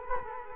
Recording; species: mosquito wingbeat signal from an infrared sensor; Culex quinquefasciatus